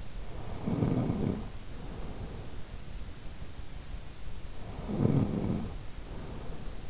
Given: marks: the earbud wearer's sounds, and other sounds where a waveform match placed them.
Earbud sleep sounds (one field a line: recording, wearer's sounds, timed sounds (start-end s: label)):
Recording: sounds in sleep by an in-ear microphone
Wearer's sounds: snoring breath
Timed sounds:
0.50-2.80 s: snoring breath
4.34-6.90 s: snoring breath